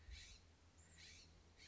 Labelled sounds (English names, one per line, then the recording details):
California Scrub-Jay
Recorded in Sonoma County, California